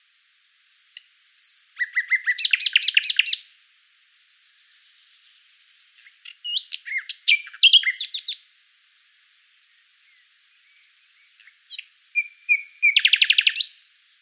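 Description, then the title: Common nightingale song in three phrases separated by silences. The first opens with pure high whistles, and each phrase builds into a fast, loud run of repeated notes. "Sylvain Jaskowiak - Mes piafs. Rossignol Philomèle"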